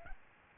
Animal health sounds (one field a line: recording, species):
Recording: mosquito wingbeat signal from an infrared sensor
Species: Aedes albopictus